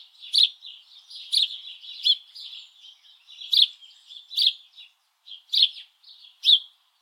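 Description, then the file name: House sparrow uttering emphatic chirps at uneven intervals, linked by softer buzzy twitters, with a short pause before the final few notes. "Passer domesticus"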